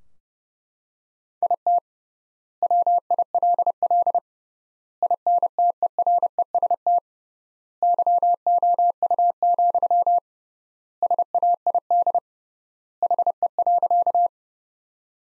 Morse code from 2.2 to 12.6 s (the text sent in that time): WILL INTEREST YOU, SAID